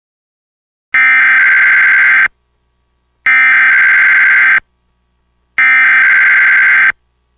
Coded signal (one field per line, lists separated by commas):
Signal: Emergency Alert System (SAME) tones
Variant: header bursts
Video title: EAS Mock - RMT Oregon/Washington - West Coast Great Shakeout exercise